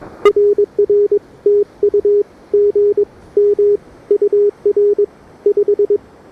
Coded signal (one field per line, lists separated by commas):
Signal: Morse code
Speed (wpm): 22 wpm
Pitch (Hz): 410 Hz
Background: none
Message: RR TU GM UR 5